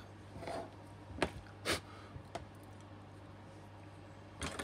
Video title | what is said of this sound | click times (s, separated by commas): Trumpeter 1/200 HMS Hood Full build with Pontos detail set Part 11 (upper bridge 1) | so with a tiny little click i don't know whether you heard it it's just dropped into place | 1.2 s